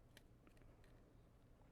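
A small plastic trim piece is handled and pushed toward the D-shaped locating hole in the door of a Fanhome Ghostbusters Ecto-1 scale model car. A sharp, brief tick at 0.2 s stands out over faint handling ticks and a steady low hum. Nothing has seated or clicked yet; the piece is not yet home.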